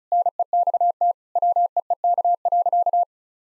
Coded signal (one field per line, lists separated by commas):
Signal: Morse code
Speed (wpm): 36 wpm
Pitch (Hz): 700 Hz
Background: none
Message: NEXT WEEK.